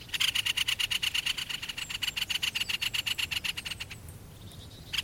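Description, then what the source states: Great spotted woodpecker rattling a fast, harsh string of clipped notes for about four seconds, then a brief new start at the end. Harsh scolding chatter call (räksytys).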